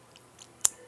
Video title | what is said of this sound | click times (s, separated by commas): Dell m4400 screen display removal lcd bezel part 1 | was like this and i heard a snap as you can see here | 0.7 s